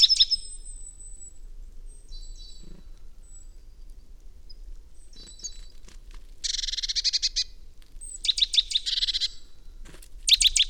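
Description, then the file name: Great tit thin high whistled notes at first, then three loud buzzy churring bursts in the second half. "Parus major"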